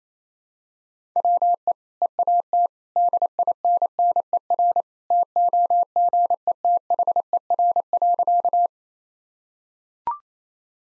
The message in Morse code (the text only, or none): WE EAT DINNER TOGETHER.